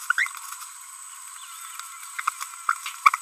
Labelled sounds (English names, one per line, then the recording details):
Green-rumped Parrotlet babbling
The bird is a female
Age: 30 days
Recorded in a nest box in Venezuela
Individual 17B42B3